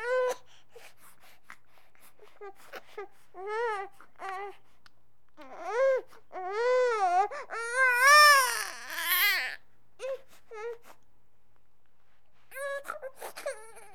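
Intermittent high-pitched infant cries in short rising-and-falling wails, with quiet gaps between bursts. The crying builds to a louder, strained stretch in the middle before trailing off into brief whimpers. This is a crying baby.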